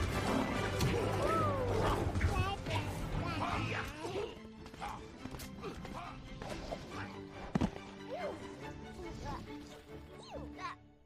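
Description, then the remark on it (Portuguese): A lion attacks in the film Madagascar: Escape 2 Africa (Portuguese dub). Lion roars and snarls rise and fall in a dense, rough tangle for about eleven seconds, broken by scuffling thumps and one sharp crash partway through. “Um leão ataca assim.”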